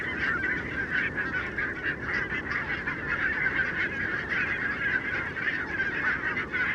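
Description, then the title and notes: Barnacle goose: barnacle geese calling as a dense flock, a continuous wall of overlapping yelping barks with no single bird standing out, steady throughout. Flock of about 20,000 on wintering grounds in winter, Renesse, Netherlands, 12 January 2009; recorded with Nagra LB and Telinga P7. "Renesse - Pays-bas. 20 000 Bernache nonnette ( Branta leucopsis) en Hollande"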